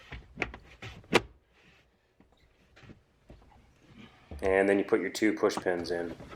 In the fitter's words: once you have that plugged in we're just gonna put that back panel back on and it'll just snap right into place and